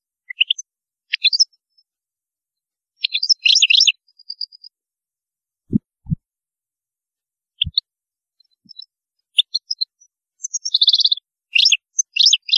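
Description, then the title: European goldfinch song: scattered twittering phrases and a short buzzy trill, with a few dull low knocks in the middle. "Chant Chardonneret"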